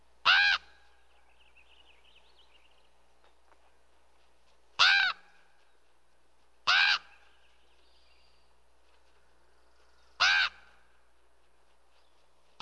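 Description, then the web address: Raven croaking in short, harsh bursts at uneven intervals, while faint calls of other birds come in now and then. Other birds are audible in the background. "bird raven other birds in bg"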